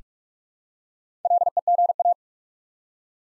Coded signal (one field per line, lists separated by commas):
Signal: Morse code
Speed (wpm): 44 wpm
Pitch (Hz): 700 Hz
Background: none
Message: LEGA